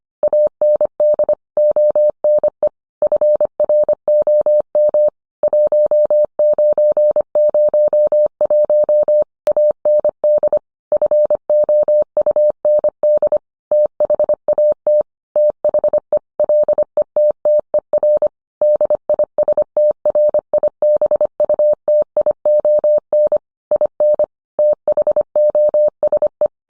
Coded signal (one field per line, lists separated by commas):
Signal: Morse code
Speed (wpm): 25 wpm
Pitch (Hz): 600 Hz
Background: none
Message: AND ONE FROM 1901 AND FOUND THAT THE LETTER DISTRIBUTION IN THOSE